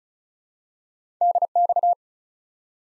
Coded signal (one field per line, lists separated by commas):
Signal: Morse code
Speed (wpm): 36 wpm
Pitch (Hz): 700 Hz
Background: none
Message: DX